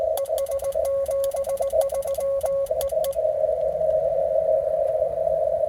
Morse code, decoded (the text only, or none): ES 73 EE